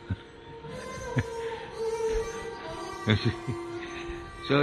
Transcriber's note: laughs